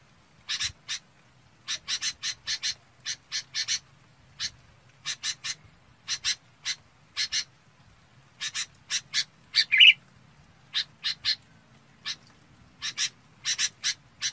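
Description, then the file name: Red-whiskered bulbul delivers irregular groups of scratchy notes, with one louder clear chirp after the middle. Calling the flock. "Tieng chao mao bong goi bay"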